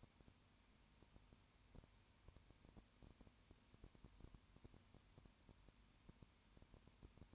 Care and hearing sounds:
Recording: daily activity, microphone in the room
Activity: no activity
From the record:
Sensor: 2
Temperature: 20.8 degrees Celsius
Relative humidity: 38.3%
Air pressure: 1010.4 hPa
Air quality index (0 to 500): 200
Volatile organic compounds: 19 ppm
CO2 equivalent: 2654 ppm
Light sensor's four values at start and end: 2/3/2/2 and 2/3/2/2

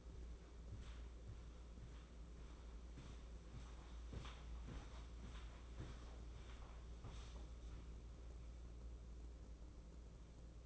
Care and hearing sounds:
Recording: daily activity, microphone in the room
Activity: walk to room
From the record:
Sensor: 1

